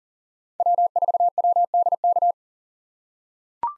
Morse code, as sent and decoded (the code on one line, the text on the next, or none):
.-- ....- .-- -.. -.-
W4WDK